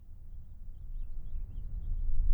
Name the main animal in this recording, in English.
House Finch